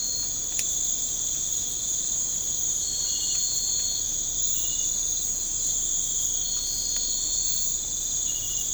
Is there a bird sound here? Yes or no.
no